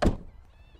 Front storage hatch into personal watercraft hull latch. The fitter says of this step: just locks into place like that